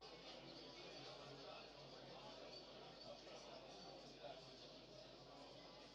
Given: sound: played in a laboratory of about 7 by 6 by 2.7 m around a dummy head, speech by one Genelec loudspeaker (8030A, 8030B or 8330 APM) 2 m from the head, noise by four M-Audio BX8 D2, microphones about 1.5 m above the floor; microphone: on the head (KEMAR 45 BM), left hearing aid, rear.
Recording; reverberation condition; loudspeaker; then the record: cafeteria noise; low; four, about 170 cm from the corners of the room and facing them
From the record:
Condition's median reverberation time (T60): about 310 ms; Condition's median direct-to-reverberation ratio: about 3.5 dB